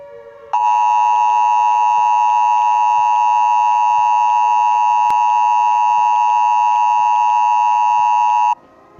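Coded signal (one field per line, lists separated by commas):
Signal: Emergency Alert System (SAME) tones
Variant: 853 and 960 Hz attention tone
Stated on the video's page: Fictional EAS scenario.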